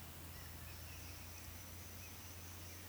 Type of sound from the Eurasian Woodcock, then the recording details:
whistle. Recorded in Baden-Württemberg, Germany, on 16 June 2020 at 19:28 UTC. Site 45520, 595 m above sea level